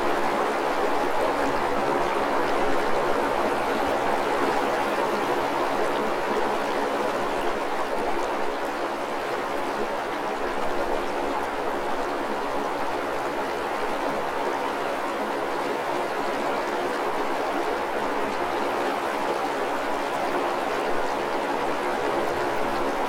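Water flowing in a mountain stream, a steady rushing wash that holds an even level throughout. The sound is dense and continuous, strongest in the middle and upper range, with a faint low rumble underneath and no distinct events.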